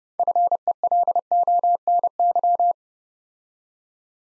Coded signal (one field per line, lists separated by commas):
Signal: Morse code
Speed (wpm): 30 wpm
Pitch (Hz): 700 Hz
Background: none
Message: FELONY